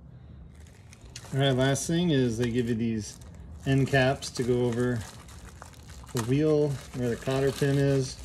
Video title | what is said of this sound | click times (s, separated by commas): Review of the Weber Traveler portable gas grill | push it on until it snaps into the first bump | 1.2 s